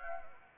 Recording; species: mosquito wingbeat signal from an infrared sensor; Anopheles arabiensis